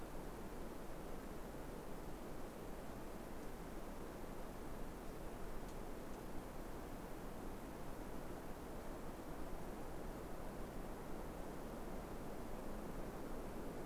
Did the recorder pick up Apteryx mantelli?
no